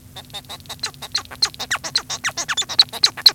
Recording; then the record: song of a male Bengalese finch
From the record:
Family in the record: son of father 1